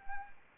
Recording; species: mosquito wingbeat signal from an infrared sensor; Anopheles arabiensis